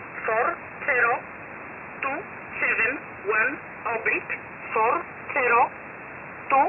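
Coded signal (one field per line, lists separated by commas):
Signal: numbers station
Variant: E11 Oblique, English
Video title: 10 11 2021 Number station E11 Oblique in English to Eu 0930 on 7469 unknown tx site in USB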